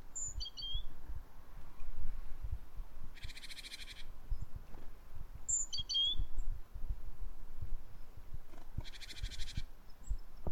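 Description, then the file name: Great tit calls: two short high chirped phrases of falling notes, with two separate harsh buzzy bursts, over low rumbling background noise. "Parus major"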